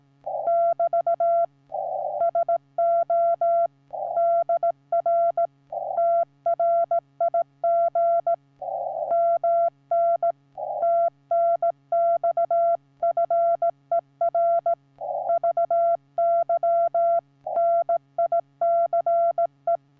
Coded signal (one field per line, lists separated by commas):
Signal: Morse code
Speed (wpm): 16 wpm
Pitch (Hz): 680 Hz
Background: none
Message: <BT> SO DR TRIG MN TNX FER VY NICE